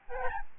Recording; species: mosquito wingbeat signal from an infrared sensor; Aedes albopictus